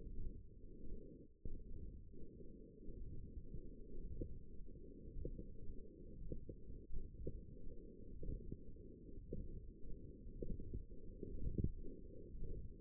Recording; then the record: forearm muscle sounds (acoustic myography)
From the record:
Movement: hand closing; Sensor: system 1, eight BSWA MPA416 microphones around the upper forearm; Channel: 7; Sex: female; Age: 21 years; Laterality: right